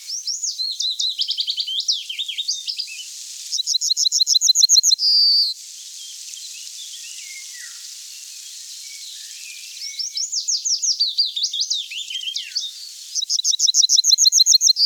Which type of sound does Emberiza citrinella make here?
song